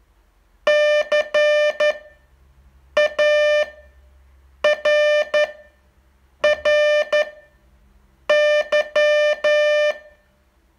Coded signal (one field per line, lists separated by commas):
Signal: Morse code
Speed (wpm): 10 wpm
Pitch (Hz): 600 Hz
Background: music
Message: CARRY